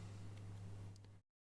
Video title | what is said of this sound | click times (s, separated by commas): LAST MINUTE LIVE STREAM 01/01/2022 3PM GMT: Saturday Boning | i can't get it on now it just kind of locked into place it fell into place now i can't get it off there we go so | 1.0 s